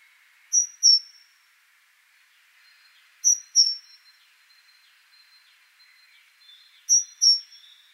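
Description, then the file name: Great tit giving high, piercing double notes that drop slightly in pitch, the pairs repeating roughly every three seconds against a quiet background. "Parus major"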